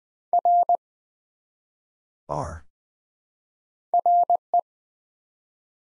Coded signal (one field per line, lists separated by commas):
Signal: Morse code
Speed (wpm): 20 wpm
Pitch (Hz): 700 Hz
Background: none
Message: R RE